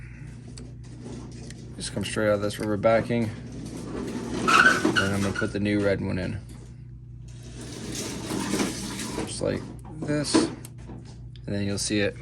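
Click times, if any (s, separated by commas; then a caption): none. Someone talks while fitting a new red wire pin terminal into the rubber backing of an ignition module connector housing on a 1998 Dyna motorcycle, lining it up and feeding it in. Only faint handling sounds are heard under the talk, with a steady low hum throughout. The terminal has not clicked or seated yet.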